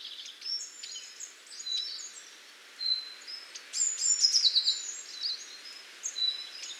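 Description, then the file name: Eurasian blue tit: scattered high whistled notes, then a quick descending trill burst after the middle, followed by more thin notes. "Cyanistes caeruleus"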